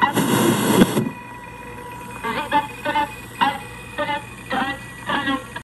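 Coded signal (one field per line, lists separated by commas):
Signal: numbers station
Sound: a burst of hiss, then about six short, evenly spaced spoken words over the radio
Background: radio static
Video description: Here, being fed numbers station .wav files from the Teensy-based Music Thing Modular Radio Music module.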